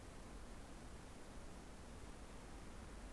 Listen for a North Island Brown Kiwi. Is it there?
no